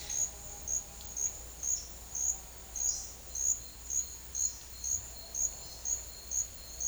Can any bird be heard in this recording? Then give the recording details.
no. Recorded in dense forest near Puerto Asís, Putumayo, Colombia, on 4 March 2025 at 11:00. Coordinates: 0.500, -76.322. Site GP06